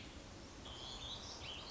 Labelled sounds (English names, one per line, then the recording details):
Warbling Vireo
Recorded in Sonoma County, California